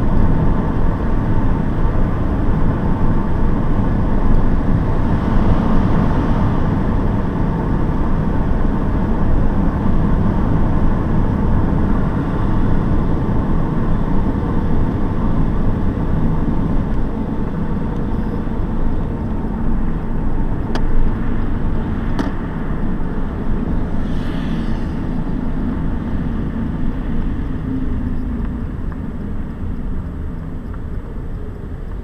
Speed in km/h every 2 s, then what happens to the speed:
71, 72, 72, 73, 72, 70, 67, 64, 58, 55, 53, 50, 40, 24, 20, 10.
0-11 steady at about 72. 11-32 slows to 10.